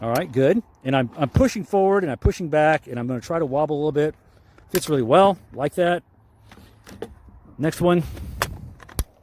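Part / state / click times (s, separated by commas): rifle magazine into rifle magazine well / seated / 9.0 s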